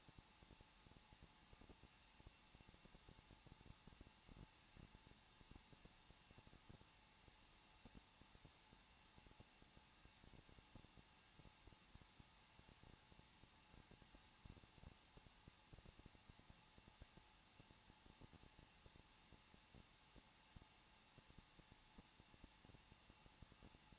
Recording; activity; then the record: daily activity, microphone in the room; no activity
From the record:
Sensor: 1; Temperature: 20.1 degrees Celsius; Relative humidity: 39.2%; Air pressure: 1006.3 hPa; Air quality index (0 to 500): 218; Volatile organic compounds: 79 ppm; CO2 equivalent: 3596 ppm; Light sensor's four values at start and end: 1/2/1/1 and 1/2/1/1